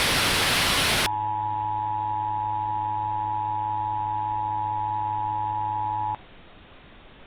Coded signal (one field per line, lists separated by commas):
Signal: Emergency Alert System (SAME) tones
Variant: 853 and 960 Hz attention tone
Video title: EAS Scenario: Local Access Emergency 03/19/26